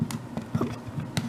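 A plastic prize figure is pushed onto its plastic display base, with soft handling and shuffling sounds plus a few lighter taps. A sharp snap at 1.2 seconds marks the figure clipping firmly into place on the base.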